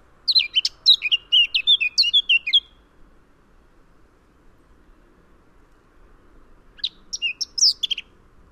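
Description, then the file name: Eurasian blackcap singing a quick, varied warble of about two and a half seconds, silence for several seconds, then a second shorter warbled phrase. "Sylvia atricapilla"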